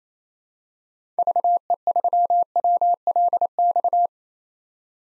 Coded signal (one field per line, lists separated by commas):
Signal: Morse code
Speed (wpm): 27 wpm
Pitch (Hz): 700 Hz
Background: none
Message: VE3WLX